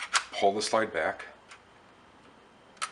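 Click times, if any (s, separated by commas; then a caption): 2.8 s. Someone talks as the slide of a Hi Point .45 ACP pistol is pulled back by hand until the safety, a small metal slide-lock lever, catches it and holds it open. A single sharp metallic click sounds at 2.8 s as the slide locks into place.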